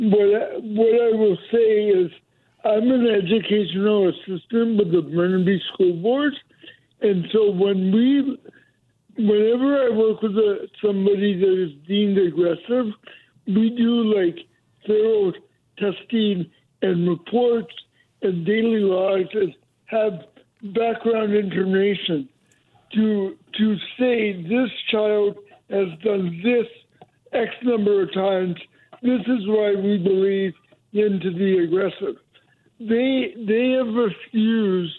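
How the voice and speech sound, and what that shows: Adult man with cerebral palsy speaking by telephone, with dysarthria; a speech impediment that makes his voice even more heightened when he is tense. Speech comes in short runs broken by frequent pauses, with some prolonged sounds.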